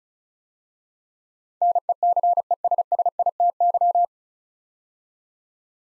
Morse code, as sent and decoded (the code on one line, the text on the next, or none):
-. . -.-. . ... ... .. - -.--
NECESSITY